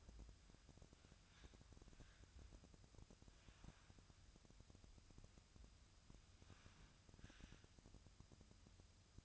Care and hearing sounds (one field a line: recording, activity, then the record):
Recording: daily activity, microphone in the room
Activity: wipe stove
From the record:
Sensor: 2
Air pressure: 1004.6 hPa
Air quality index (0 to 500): 82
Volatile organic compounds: 2 ppm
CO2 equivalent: 979 ppm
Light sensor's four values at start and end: 6/16/6/6 and 6/16/6/6